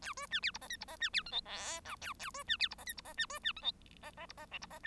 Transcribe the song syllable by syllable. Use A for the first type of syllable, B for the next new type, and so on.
A B C D E F G E F C D H I J K A A B C D E F G E F C B C H I F F E F L E F